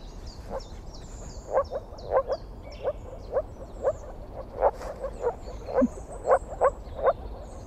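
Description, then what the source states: Moor frog calls: short, muffled notes repeated about twice per second, with high bird calls above. Moor frog in a marsh; call sounds completely different from the common frog's, almost like small dogs; species easier to tell apart by hearing than by sight.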